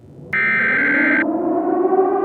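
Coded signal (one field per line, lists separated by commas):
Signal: Emergency Alert System (SAME) tones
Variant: header bursts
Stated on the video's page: Fictional EAS scenario in a short analog horror film.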